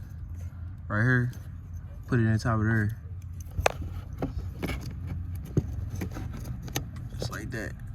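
Someone talks while the second plastic harness connector of a Pedal Commander throttle controller is handled and pushed toward the accelerator pedal socket, where the original plug came from, on a Jeep Grand Cherokee. Several short, sharp handling sounds follow, the loudest around 3.7 s and 6.8 s, over a steady low background hum. The connector is not home yet: nothing has seated or clicked.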